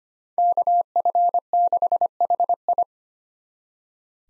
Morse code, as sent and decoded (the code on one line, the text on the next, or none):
-.- ..-. -.... .... ..
KF6HI